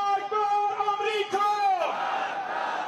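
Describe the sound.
A crowd of demonstrators chants the slogan "Death to America" in unison, many voices shouting together in a strong, pitched rhythm that breaks into a rougher, noisier roar near the end.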